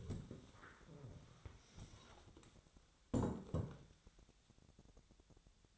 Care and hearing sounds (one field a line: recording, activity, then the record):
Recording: daily activity, microphone in the room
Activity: stand up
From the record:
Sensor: 3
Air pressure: 1000.4 hPa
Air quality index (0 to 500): 170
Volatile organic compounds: 3 ppm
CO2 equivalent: 1488 ppm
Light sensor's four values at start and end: 12/29/12/13 and 13/30/13/13